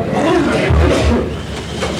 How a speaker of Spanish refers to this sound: Almunia en Ferraz en este momento. Almunia, que está siendo recibido por un caluroso aplauso por los miles de militantes que se han concentrado aquí, que han bajado rápidamente a la planta baja de Ferraz.